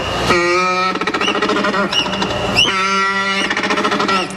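African penguin braying: long, rich, donkey-like honks broken by rapid pulsing stretches, coming in two loud bursts.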